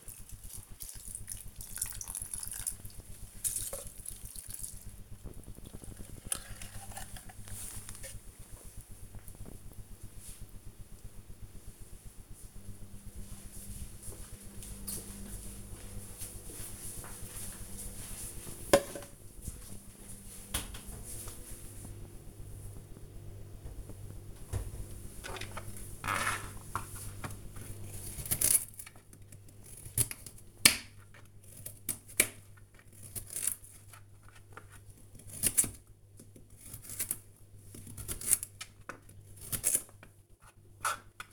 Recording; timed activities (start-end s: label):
household activities, microphone on the right wrist
0.00-7.81 s: watering plant
23.91-41.33 s: cutting vegetables